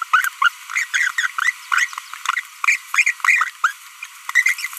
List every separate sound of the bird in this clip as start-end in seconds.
0.14-0.28, 0.42-0.48, 0.70-0.84, 0.94-1.10, 1.18-1.27, 1.38-1.50, 1.72-1.86, 2.64-2.76, 2.94-3.11, 3.25-3.49, 3.64-3.70, 4.35-4.54, 4.59-4.67